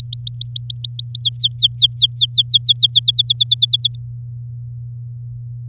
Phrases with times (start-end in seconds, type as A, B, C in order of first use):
0.00-1.20 A, 1.21-3.00 B, 3.03-3.95 C